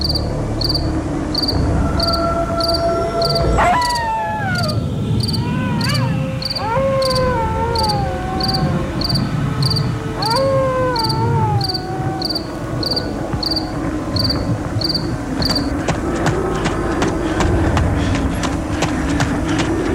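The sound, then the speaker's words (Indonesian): Crickets and other night animals chirp in a steady, rapid high-pitched pulse throughout in a quiet village before dawn on a cold night, over a low rumbling background with wind blowing, while wavering tonal calls rise and fall in the middle section. “Hanya suara-suara binatang malam dan hembusan angin yang terdengar.”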